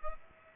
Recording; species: mosquito wingbeat signal from an infrared sensor; Aedes aegypti